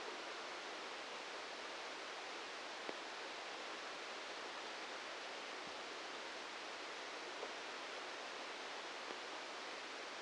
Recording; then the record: brain microelectrode recording played as sound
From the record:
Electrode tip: outside the subthalamic nucleus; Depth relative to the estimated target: -3 mm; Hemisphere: right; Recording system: NeuroSet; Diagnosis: Parkinson's disease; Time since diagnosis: 13 years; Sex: male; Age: 63 years